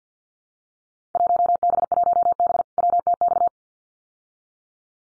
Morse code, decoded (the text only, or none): 1B1B WTX